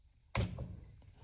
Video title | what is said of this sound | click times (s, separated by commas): How to set and use a torque wrench | When you hear that click, that means that you have reached | 0.4 s